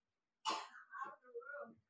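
An adult woman coughs in the background of an interview, part of a recurring, vicious coughing fit.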